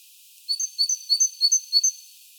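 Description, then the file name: Great tit singing a run of five bright, paired notes, each lower note followed by a higher one, in an even, see-sawing rhythm. "Parus major"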